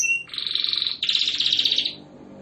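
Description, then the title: Canary song: a high buzzy trill held steady, then a brighter rolling trill. Canary singing vigorously (gacor) and persistently with long rolling trills (roll panjang), intended to make other canaries respond immediately. "LANGSUNG NYAUT GACOR DOR Kenari Manasaja, Dengan Kicau Kenari GACOR NGOTOT ROLL PANJANG"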